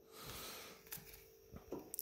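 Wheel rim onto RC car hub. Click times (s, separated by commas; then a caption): 1.9 s. A wheel rim is pushed onto the hub of a large-scale Serpent 977 RC car, with soft rustling and handling noise building up to a sharp click at 1.9 s. The click means the rim has clipped on and is correctly seated.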